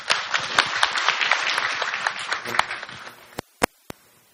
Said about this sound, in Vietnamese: Xin kính mời đại chúng cho một tràng pháo tay ạ.